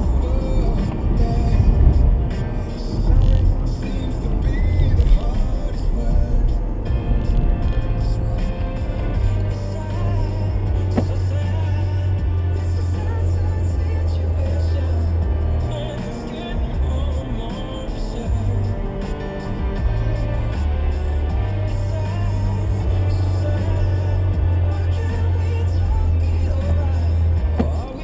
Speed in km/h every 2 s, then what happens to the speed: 52, 48, 44, 47, 50, 48, 52, 61, 69, 71, 68, 71, 69, 68.
0-5 slows to 44. 5-8 speeds up to 50. 11-17 speeds up to 71. 17-28 steady at about 69.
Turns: none.